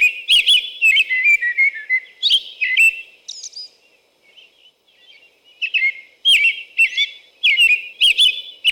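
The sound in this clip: American robin singing a long string of rich caroling whistles, a softer gap in the middle, then another series of bright phrases.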